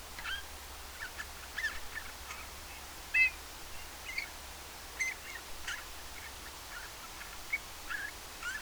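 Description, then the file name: Eurasian bullfinch calls, soft short whistled notes, one stronger than the rest, amid faint scattered chirps. "Pyrrhula pyrrhula"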